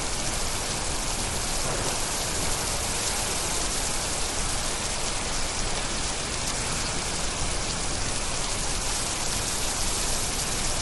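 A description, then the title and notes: Heavy thunderstorm rain pours down in a steady, dense hiss that stays bright and even from start to finish. Countless drops blur into one continuous wash with no pauses, and the loudness holds level throughout the eleven seconds. This is another version of an hour thunderstorm. Ultimate Thunderstorm.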